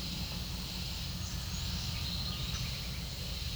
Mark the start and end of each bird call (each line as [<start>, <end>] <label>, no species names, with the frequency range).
[1.16, 2.90] bird call (1.0-7.5 kHz)